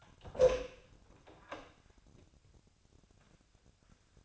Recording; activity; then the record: daily activity, microphone in the room; open door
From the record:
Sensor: 2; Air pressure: 1007.1 hPa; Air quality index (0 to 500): 189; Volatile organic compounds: 11 ppm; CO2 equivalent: 2317 ppm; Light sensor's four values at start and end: 10/23/10/10 and 10/23/10/10